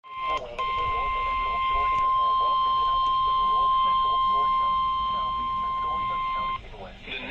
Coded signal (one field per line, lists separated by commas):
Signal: Emergency Alert System (SAME) tones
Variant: 1050 Hz attention tone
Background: speech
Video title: Severe Thunderstorm Warning (EAS #971)